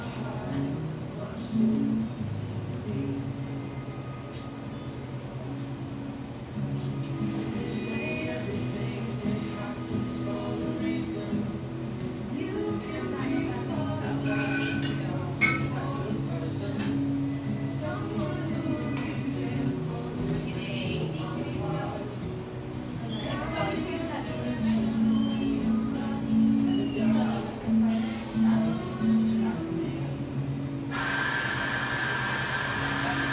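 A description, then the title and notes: Café sounds: a steady hum of overlapping voices with occasional clinks of dishes, a brief whirring burst near the end. Café sounds from a little drip coffee joint in eastern Seattle.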